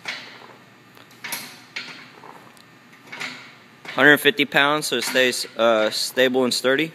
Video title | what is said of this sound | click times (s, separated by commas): GetRxd Glute Linear Bearing Ham Developer Machine | pull the pin it pops right into place | 1.8 s